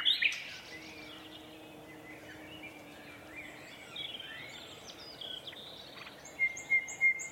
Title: Sound Escape 119: An astonishing nightingale duet in a Dorset woodland